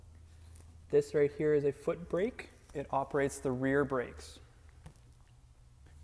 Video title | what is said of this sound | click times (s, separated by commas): SPORTSMAN 570 TOURING | can put the tabs in the side here and push down until it clicks and make sure that's closed up | 0.6 s